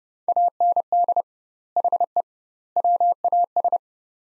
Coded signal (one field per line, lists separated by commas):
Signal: Morse code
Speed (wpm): 31 wpm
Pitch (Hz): 700 Hz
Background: none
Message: AND HE WAS